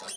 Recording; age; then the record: pig call; piglet (1 to 25 days)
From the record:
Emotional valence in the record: negative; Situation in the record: short isolation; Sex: male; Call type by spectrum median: high-frequency call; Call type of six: mixed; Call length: 0.17 s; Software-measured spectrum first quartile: 2584 Hz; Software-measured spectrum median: 5559 Hz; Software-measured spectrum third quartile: 8672 Hz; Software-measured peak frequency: 9184 Hz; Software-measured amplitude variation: 85 dB a second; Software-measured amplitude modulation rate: 20.5 a second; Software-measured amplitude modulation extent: 4.1 dB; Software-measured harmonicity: 2.3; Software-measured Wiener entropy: -1.91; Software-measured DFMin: 870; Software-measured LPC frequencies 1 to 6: 764, 1466, 3103, 3975, 4759, 5334 Hz